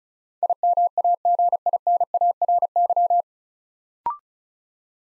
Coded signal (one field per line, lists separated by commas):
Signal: Morse code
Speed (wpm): 36 wpm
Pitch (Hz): 700 Hz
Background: none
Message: IMAGINARY